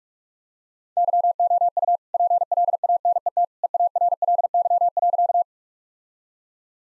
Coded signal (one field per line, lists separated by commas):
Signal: Morse code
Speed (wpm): 46 wpm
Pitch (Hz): 700 Hz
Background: none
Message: YOU PLANET EARLY.